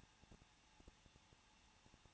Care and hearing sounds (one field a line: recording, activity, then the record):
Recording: daily activity, microphone in the room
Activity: no activity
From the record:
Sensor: 1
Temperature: 20.1 degrees Celsius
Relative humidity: 39.1%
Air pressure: 1006.4 hPa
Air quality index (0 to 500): 216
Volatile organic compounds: 74 ppm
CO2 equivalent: 3552 ppm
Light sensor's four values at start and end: 1/2/1/1 and 1/2/1/1